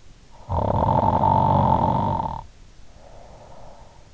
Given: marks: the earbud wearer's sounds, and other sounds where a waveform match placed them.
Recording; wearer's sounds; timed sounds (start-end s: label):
sounds in sleep by an in-ear microphone; snoring breath
0.26-4.04 s: snoring breath